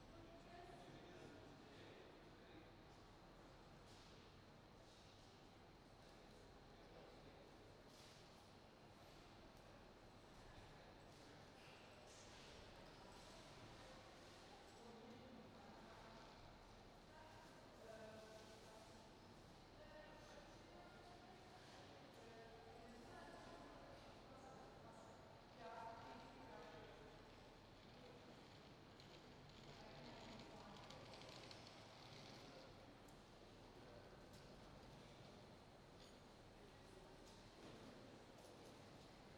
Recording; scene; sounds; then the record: everyday scene through a hearing-aid microphone; reverberant space; background noise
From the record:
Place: railway station hall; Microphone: in the ear canal, right